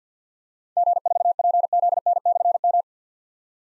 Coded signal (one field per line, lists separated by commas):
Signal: Morse code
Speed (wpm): 47 wpm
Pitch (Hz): 700 Hz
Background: none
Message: G4PZN/M